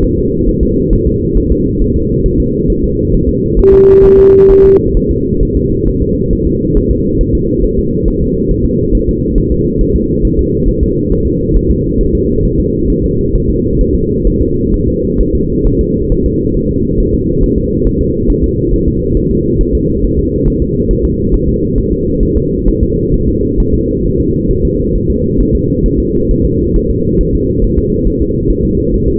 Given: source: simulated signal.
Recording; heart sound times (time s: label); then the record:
fetal heart sounds
0.04 s: S1
0.19 s: S2
0.49 s: S1
0.63 s: S2
0.93 s: S1
1.07 s: S2
1.37 s: S1
1.52 s: S2
1.82 s: S1
1.96 s: S2
2.26 s: S1
2.40 s: S2
2.70 s: S1
2.84 s: S2
3.14 s: S1
3.29 s: S2
3.59 s: S1
3.74 s: S2
4.05 s: S1
4.19 s: S2
4.51 s: S1
4.65 s: S2
4.97 s: S1
5.11 s: S2
5.43 s: S1
5.57 s: S2
5.88 s: S1
6.02 s: S2
6.33 s: S1
6.47 s: S2
6.77 s: S1
6.91 s: S2
7.21 s: S1
7.35 s: S2
7.64 s: S1
7.79 s: S2
8.08 s: S1
8.22 s: S2
8.51 s: S1
8.66 s: S2
8.95 s: S1
9.09 s: S2
9.38 s: S1
9.52 s: S2
9.81 s: S1
9.96 s: S2
10.25 s: S1
10.39 s: S2
10.69 s: S1
10.83 s: S2
11.12 s: S1
11.27 s: S2
11.56 s: S1
11.71 s: S2
12.01 s: S1
12.15 s: S2
12.45 s: S1
12.60 s: S2
12.90 s: S1
13.04 s: S2
13.35 s: S1
13.50 s: S2
13.81 s: S1
13.95 s: S2
14.27 s: S1
14.42 s: S2
14.74 s: S1
14.88 s: S2
15.20 s: S1
15.35 s: S2
15.67 s: S1
15.81 s: S2
16.12 s: S1
16.26 s: S2
16.57 s: S1
16.71 s: S2
17.00 s: S1
17.15 s: S2
17.44 s: S1
17.58 s: S2
17.87 s: S1
18.01 s: S2
18.30 s: S1
18.44 s: S2
18.73 s: S1
18.88 s: S2
19.17 s: S1
19.31 s: S2
19.61 s: S1
19.75 s: S2
20.05 s: S1
20.19 s: S2
20.48 s: S1
20.62 s: S2
20.91 s: S1
21.05 s: S2
21.34 s: S1
21.49 s: S2
21.78 s: S1
21.92 s: S2
22.23 s: S1
22.37 s: S2
22.68 s: S1
22.83 s: S2
23.14 s: S1
23.29 s: S2
23.60 s: S1
23.74 s: S2
24.06 s: S1
24.20 s: S2
24.51 s: S1
24.65 s: S2
24.95 s: S1
25.10 s: S2
25.40 s: S1
25.55 s: S2
25.86 s: S1
26.00 s: S2
26.31 s: S1
26.45 s: S2
26.76 s: S1
26.91 s: S2
27.21 s: S1
27.35 s: S2
27.64 s: S1
27.79 s: S2
28.07 s: S1
28.22 s: S2
28.50 s: S1
28.65 s: S2
28.94 s: S1
29.08 s: S2
From the record:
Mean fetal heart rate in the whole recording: 135 bpm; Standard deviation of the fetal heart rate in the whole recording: 3 bpm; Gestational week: 36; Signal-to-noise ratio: -14.7 dB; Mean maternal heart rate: 72 bpm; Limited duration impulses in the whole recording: present